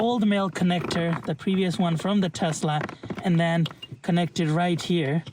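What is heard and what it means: Someone talks while handling the original Tesla Model 3/Y wiring harness connector, getting ready to push it into the plastic harness connector of a new HUD kit behind the dash. Nothing has seated or clicked yet; the connector is not home by the end of the clip.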